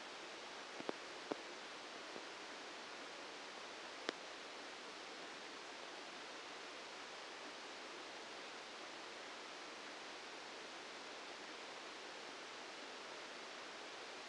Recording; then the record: brain microelectrode recording played as sound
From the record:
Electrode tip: outside the subthalamic nucleus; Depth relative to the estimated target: -3 mm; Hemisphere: left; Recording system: NeuroSet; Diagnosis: Parkinson's disease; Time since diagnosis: 8 years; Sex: male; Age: 65 years